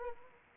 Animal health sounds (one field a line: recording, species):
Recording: mosquito wingbeat signal from an infrared sensor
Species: Anopheles arabiensis